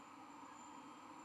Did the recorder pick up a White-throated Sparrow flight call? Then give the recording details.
no. No flight call is heard. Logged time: 22:05 on 11 November 2014